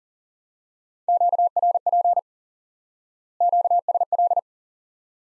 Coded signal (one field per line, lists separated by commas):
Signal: Morse code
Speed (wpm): 40 wpm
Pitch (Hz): 700 Hz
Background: none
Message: QRP QSL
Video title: Course 3 - Lesson 53 - QRQ - Two Elements